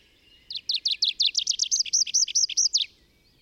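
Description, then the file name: Tree pipit giving a single song phrase: a run of fast, sharp repeated notes shifting into drawn-out, curving slurred notes. Soft background noise is heard throughout. Recorded in the Bavarian Forest, Germany, on 25 April 2015. "Baumpieper. Bayerischer Wald REG. Susanne Rieck"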